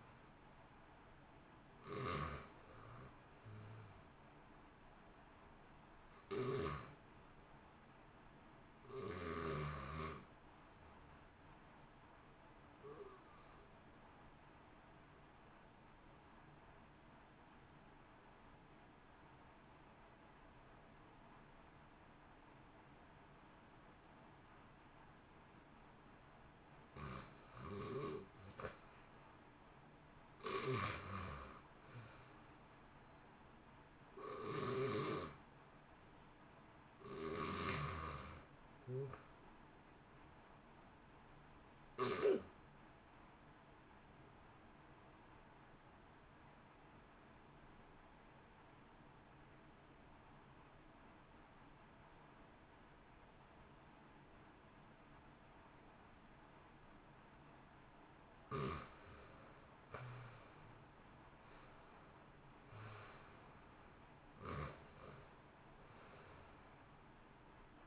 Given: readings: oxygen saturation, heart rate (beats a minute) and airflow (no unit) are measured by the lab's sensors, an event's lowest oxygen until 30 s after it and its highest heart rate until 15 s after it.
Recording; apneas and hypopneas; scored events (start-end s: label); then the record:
breathing in sleep by a voice recorder at the bedside; 2
17.00-27.90 s: obstructive apnea (REM, oxygen 90% highest, then 77% lowest, heart rate 62 at the start, 69 highest)
45.00-58.80 s: obstructive apnea (REM, oxygen 89% highest, then 75% lowest, heart rate 63 at the start, 73 highest)
From the record:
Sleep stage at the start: REM sleep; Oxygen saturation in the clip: 63 to 93%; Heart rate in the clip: 58 to 74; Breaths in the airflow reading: 15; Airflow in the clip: -1.4 to 2.0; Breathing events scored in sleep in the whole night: 328 in 6.3 hours asleep